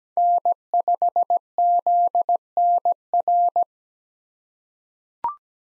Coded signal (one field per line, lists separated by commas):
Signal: Morse code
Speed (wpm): 17 wpm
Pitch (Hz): 700 Hz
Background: none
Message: N5ZNR